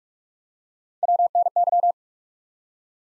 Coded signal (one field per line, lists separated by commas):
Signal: Morse code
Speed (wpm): 44 wpm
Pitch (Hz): 700 Hz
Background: none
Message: WNY